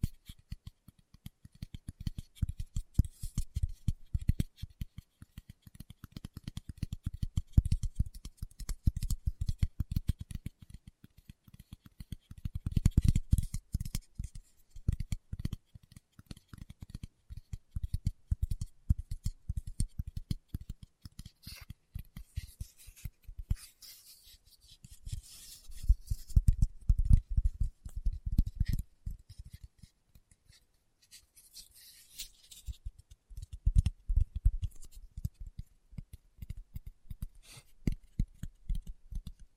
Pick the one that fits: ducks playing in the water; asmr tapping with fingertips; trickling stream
asmr tapping with fingertips